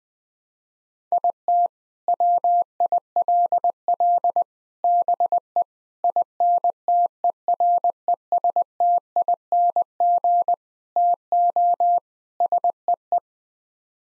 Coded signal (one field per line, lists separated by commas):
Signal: Morse code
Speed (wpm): 20 wpm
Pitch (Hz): 700 Hz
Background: none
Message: IT WILL BE INTERESTING TO SEE